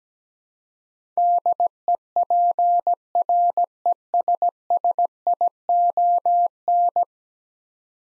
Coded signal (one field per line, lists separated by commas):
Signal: Morse code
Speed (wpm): 17 wpm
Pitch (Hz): 700 Hz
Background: none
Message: DEPRESSION